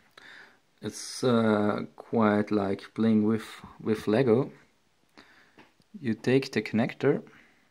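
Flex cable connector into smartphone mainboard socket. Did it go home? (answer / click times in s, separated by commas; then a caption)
no / none. A flex cable connector is handled over its socket on a Huawei Honor 4C / G Play Mini smartphone mainboard while someone talks, with a few small taps around 0.2 s and 5.2–5.8 s. Nothing has seated or clicked yet.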